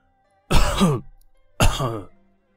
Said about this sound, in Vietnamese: Thành Vương ho nhẹ hai tiếng, khẽ khẽ lắc đầu.